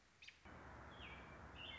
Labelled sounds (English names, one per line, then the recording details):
American Robin
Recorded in Sonoma County, California